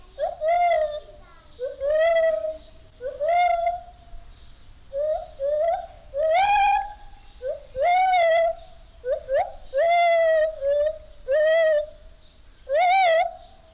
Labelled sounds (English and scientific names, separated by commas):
Lar Gibbon (Hylobates lar)